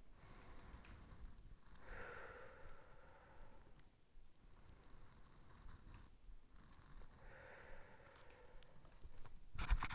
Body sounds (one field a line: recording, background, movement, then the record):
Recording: deep breathing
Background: quiet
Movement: sitting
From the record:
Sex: male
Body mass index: 20.6 kg/m2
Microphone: on the chest, facing outward